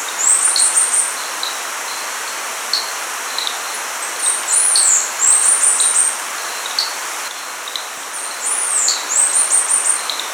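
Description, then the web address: Bird repeating high-pitched, sweeping warbled phrases every few seconds, with fainter short chips beneath and a steady rushing hiss throughout. "BIRD 2015 SABIOD bird 2015"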